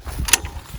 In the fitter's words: okay all the way is a nice click